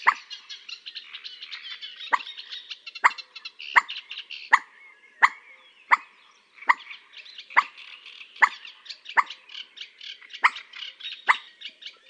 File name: Gallinella dacqua